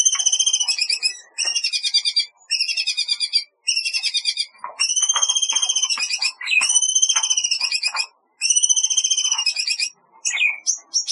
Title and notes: Kicau Burung Cendet